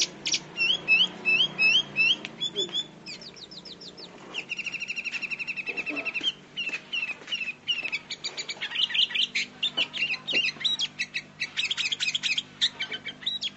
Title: Suara Burung Kutilang